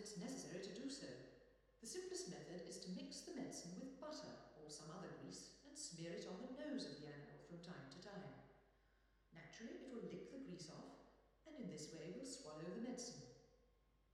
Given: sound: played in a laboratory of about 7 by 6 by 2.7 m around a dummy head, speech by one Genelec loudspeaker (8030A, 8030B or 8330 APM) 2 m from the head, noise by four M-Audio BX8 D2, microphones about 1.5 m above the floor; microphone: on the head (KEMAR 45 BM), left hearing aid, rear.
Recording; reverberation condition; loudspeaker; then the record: female speech in English; high; behind (180 degrees)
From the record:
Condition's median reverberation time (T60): about 1300 ms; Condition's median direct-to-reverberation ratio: about -4.0 dB